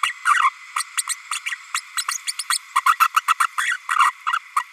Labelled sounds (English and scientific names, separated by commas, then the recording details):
Green-rumped Parrotlet (Forpus passerinus) babbling
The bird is a female
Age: 32 days
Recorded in a nest box in Venezuela
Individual 17B32A5